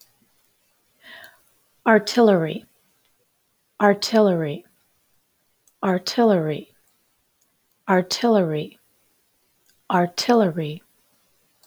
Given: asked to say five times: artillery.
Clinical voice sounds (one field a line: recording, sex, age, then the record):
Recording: repeated word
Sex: female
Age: 50 to 59 years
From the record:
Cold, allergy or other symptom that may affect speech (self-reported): no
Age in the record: 55 years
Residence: Georgia, United States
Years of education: 18